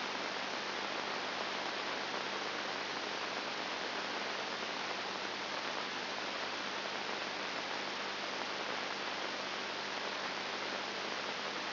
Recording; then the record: brain microelectrode recording played as sound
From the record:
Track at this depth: inside the subthalamic nucleus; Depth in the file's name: 0.707 mm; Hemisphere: left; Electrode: 2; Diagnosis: Parkinson's disease